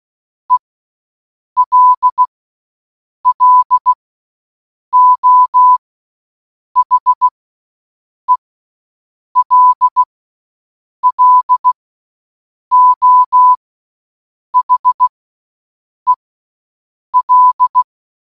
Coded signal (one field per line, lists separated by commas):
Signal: Morse code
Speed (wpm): 16 wpm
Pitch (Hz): 1000 Hz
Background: none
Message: ELLO HELLO HEL